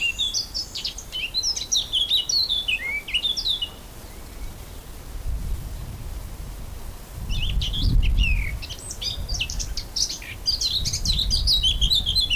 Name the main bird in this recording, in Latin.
Sylvia atricapilla